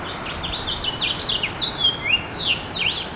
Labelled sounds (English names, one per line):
House Finch song